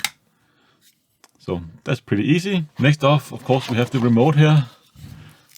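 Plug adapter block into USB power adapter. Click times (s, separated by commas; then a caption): 0.0 s. A plastic European/UK regional plug block, lined up and squeezed onto the power adapter of a Roku Streaming Stick 4K, latches with a sharp click at 0.1 s and is seated. A few faint ticks follow around 1.2–1.4 s, and then someone talks until the end.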